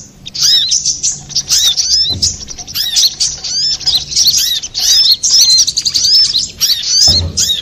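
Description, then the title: Little spiderhunter song: a fast, dense stream of high, sharply arched chirping notes, continuous and layered, with a few soft low thumps. Master recording used for training cage birds. "Masteran Burung Sogok Ontong Labaik"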